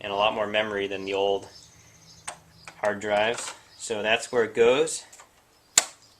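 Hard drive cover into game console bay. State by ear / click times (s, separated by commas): seated / 5.8 s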